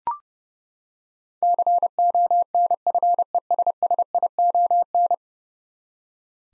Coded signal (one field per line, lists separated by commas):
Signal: Morse code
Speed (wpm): 30 wpm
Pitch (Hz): 700 Hz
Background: none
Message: CONFESSION